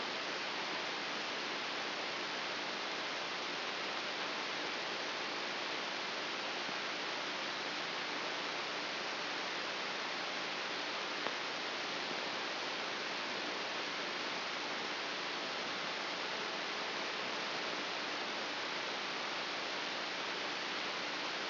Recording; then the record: brain microelectrode recording played as sound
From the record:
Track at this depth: inside the subthalamic nucleus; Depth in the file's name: 3.003 mm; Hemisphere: left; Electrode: 2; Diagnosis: Parkinson's disease